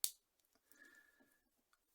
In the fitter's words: it folds over like that and then just one press you'll hear it snap